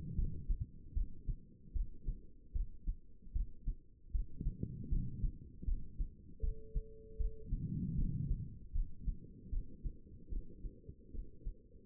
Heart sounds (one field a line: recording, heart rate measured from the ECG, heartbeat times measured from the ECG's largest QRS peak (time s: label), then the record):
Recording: heart sounds by stethoscope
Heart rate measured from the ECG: 77 bpm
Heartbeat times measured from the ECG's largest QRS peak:
0.16 s: heartbeat
0.94 s: heartbeat
1.73 s: heartbeat
2.53 s: heartbeat
3.33 s: heartbeat
4.12 s: heartbeat
4.90 s: heartbeat
5.65 s: heartbeat
6.41 s: heartbeat
7.18 s: heartbeat
7.96 s: heartbeat
8.73 s: heartbeat
9.51 s: heartbeat
10.30 s: heartbeat
11.12 s: heartbeat
From the record:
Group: healthy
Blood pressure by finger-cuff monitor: 116/78 mmHg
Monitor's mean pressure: 93 mmHg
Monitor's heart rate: 75 bpm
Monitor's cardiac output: 4.6 L/min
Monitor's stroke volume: 61 mL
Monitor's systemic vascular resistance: 1460 dyn s/cm5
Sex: female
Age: 51 years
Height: 162 cm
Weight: 70.04 kg